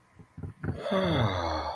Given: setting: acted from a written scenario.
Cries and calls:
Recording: vocal sound without words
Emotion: awe

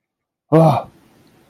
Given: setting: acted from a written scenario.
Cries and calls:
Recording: vocal sound without words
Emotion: negative surprise

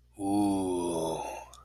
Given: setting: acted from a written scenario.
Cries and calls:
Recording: vocal sound without words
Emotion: desire

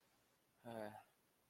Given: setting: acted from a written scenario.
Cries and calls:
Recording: vocal sound without words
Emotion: sadness

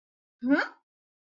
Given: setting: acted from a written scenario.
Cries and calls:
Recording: vocal sound without words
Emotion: confusion

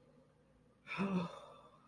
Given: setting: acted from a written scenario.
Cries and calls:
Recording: vocal sound without words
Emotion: awe

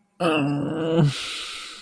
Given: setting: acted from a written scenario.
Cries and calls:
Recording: vocal sound without words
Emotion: pain

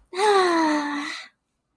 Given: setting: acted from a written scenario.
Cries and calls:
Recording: vocal sound without words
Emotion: serenity

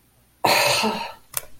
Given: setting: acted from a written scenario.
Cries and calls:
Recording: vocal sound without words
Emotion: disappointment

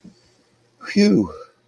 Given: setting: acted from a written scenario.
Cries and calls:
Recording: vocal sound without words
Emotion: relief

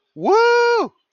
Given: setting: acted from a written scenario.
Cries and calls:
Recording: vocal sound without words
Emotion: triumph

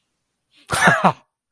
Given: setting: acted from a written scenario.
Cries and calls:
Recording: vocal sound without words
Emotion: amusement

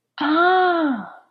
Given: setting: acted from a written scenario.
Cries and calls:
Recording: vocal sound without words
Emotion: realization

